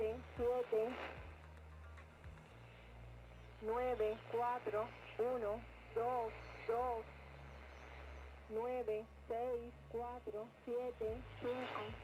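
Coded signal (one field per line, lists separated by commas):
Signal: numbers station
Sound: a voice reads eleven single digits in evenly spaced groups over radio noise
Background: radio static, low hum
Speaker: Esto que les acabo de relatar y lo que acabamos de escuchar es lo que se conoce como una emisora de números.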